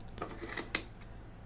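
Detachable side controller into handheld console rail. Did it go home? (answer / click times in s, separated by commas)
yes / 0.8 s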